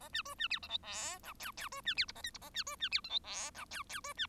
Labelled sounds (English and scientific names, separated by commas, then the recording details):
Bengalese Finch (Lonchura striata domestica) song
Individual Bird1